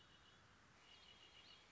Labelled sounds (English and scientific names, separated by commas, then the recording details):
Red-winged Blackbird (Agelaius phoeniceus)
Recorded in Sonoma County, California